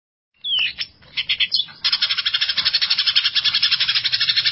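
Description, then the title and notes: Greater green leafbird song opening with a falling whistle and choppy notes, then breaking into a long rapid pulsing harsh rattle. Champion songbird. "Kicau Burung Cucak Ijo Juara. Suara kicauan burung cucak ijo"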